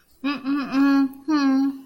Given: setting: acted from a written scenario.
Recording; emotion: vocal sound without words; guilt